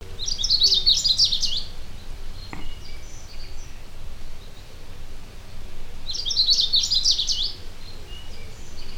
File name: Carpodacus sibiricus